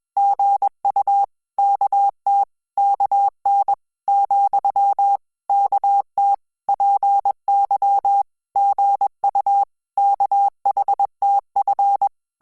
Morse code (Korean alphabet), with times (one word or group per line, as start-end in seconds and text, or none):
0.2-1.2 시
1.6-2.4 어
2.8-3.7 요
4.1-5.2 ,
5.5-6.3 어
6.7-8.2 제
8.6-9.6 시
10.0-12.1 원